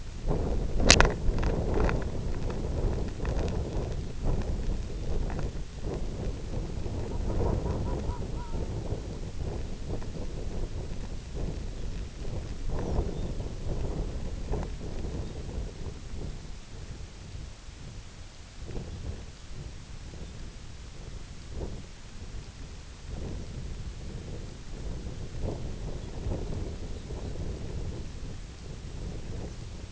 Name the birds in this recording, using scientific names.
Somateria spectabilis, Calcarius lapponicus